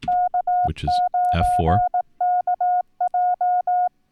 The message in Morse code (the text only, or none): K9KJ